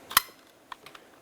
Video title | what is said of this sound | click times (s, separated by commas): How to Replace Window Regulator 2012-2018 Nissan Altima | press it in listen for a click give it a light tug make sure it is secured | 0.2 s